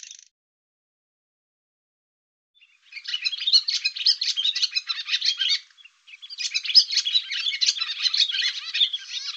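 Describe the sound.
Barn swallow chattering: a brief fragment at the start, then after a pause two long runs of quick, rasping, high twittered notes with a short gap between them; nothing else is heard.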